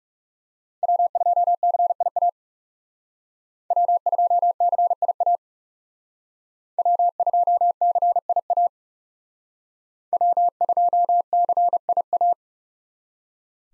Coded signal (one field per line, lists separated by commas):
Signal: Morse code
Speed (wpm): 38 wpm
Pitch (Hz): 700 Hz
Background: none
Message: W2CIA W2CIA W2CIA W2CIA